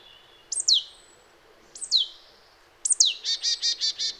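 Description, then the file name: Marsh tit giving three sharp, high downward-sweeping notes, the last followed immediately by a run of five buzzy, nasal notes. "Poecile palustris"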